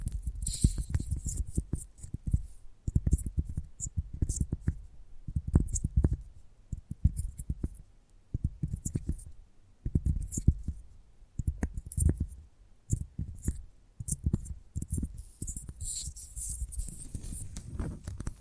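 Gentle tapping comes in quick, uneven clusters of soft, dull knocks with a low thud to each, separated by short pauses. Light crisp clicks and brushing sounds ride on top, busier near the start and end, with a faint steady hiss underneath.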